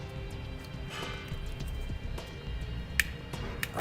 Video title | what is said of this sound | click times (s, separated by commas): etrailer - Curt T-Connector Vehicle Wiring Harness Installation - 2017 Jeep Grand Cherokee | right clicked and locked into place okay | 3.0 s, 3.6 s